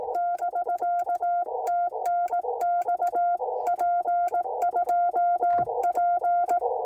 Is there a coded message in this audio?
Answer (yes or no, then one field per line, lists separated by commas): yes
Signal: Morse code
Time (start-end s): 0.2-6.6 s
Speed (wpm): 18 wpm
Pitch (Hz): 700 Hz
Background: none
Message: <BK> TNX P2P